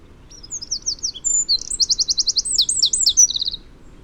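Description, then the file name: Eurasian wren delivering a bright, high-pitched phrase of quick notes and two rapid trills, ending abruptly after about three seconds. "Troglodytes troglodytes"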